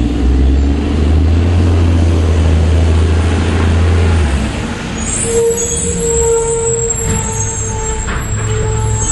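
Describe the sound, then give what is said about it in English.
A garbage truck backing up along a very narrow road: its deep engine rumble gives way to loud, high-pitched air brake squeals and hiss, with shrill tones wavering over a lower growl for several seconds. “That's some good trash truck audio, huh, Andre?”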